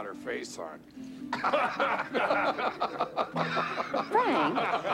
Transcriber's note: soundbite of laughter